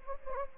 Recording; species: mosquito wingbeat signal from an infrared sensor; Anopheles gambiae